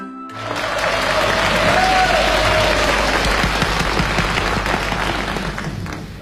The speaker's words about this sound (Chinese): 谢谢朋友们的掌声。